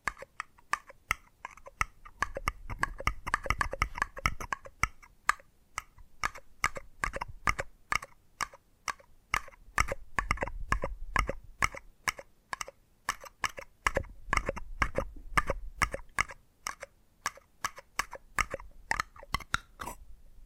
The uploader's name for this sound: Addictive Tapping Triggers